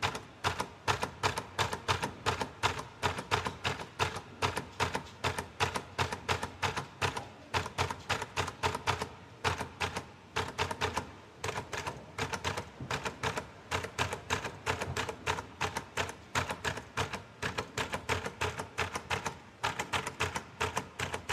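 A typewriter is typed at an unhurried, fairly even pace, each key striking with a sharp, bright clack that rings briefly. The strikes come in steady runs of several per second with occasional short pauses, dry, over a faint low hum.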